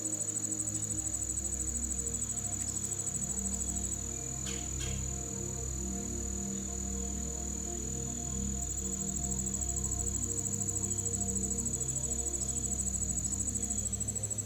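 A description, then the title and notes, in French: Forest sounds blend with soft, slow music: sustained low, mellow notes shift gently underneath while a thin, steady insect buzz, like crickets, holds high above throughout. A brief rustle stands out around the four-and-a-half-second mark, and the overall level stays even. Bruits de la FORET et une MUSIQUE Apaisante. Sons naturels de la forêt, magnifiquement entrelacés avec une musique douce et apaisante.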